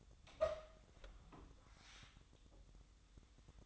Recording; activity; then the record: daily activity, microphone in the room; open door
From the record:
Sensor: 3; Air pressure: 1004.9 hPa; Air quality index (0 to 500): 75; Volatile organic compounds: 2 ppm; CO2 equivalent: 1124 ppm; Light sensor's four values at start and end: 8/20/8/8 and 9/20/8/8